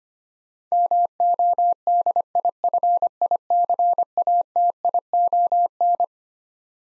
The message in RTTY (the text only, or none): none